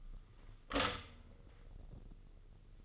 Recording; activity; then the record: daily activity, microphone in the room; stop toaster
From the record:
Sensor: 4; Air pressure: 996.0 hPa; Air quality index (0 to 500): 67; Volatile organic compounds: 2 ppm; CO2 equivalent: 1207 ppm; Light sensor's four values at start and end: 13/32/13/14 and 13/30/12/13